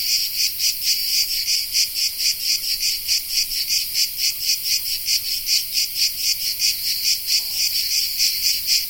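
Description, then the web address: Cicada song: a continuous high, hissing buzz that swells and fades in rapid regular pulses, without other clear sounds. Cicada of the genus Tettigia recorded in the Peloponnese in the morning. "Peloponnes akustik. Tettigia Cicada"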